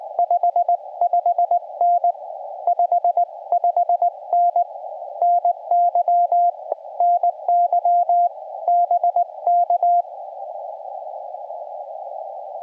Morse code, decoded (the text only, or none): 55N 55N NY NY BK